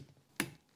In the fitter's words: and you should hear a nice satisfying click